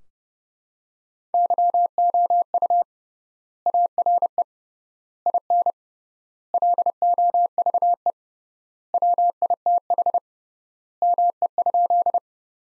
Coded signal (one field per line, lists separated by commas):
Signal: Morse code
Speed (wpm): 30 wpm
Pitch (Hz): 700 Hz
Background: none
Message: YOU ARE IN LOVE WITH ME?